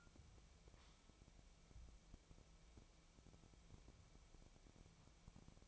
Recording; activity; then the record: daily activity, microphone in the room; wipe stove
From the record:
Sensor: 1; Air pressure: 1001.6 hPa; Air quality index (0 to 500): 218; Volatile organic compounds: 27 ppm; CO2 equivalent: 2896 ppm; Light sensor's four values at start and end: 7/28/10/11 and 7/28/10/11